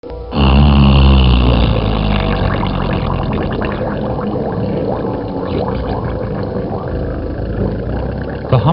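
Whale call: a loud, low sound with layered harmonics at the start, then a rumbling, grainy wash of low sound throughout.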